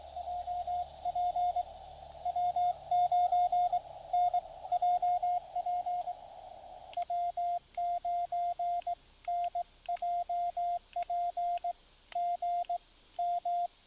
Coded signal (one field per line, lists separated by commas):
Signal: Morse code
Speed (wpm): 20 wpm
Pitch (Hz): 690 Hz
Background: radio noise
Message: JP W9N JP W9N JP GM